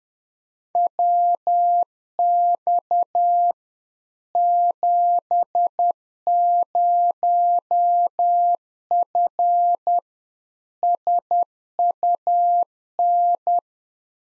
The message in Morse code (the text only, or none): WX 70F SUN